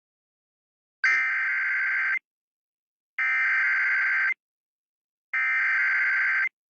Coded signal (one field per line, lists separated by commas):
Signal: Emergency Alert System (SAME) tones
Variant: header bursts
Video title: My first EAS mock I’m not good at it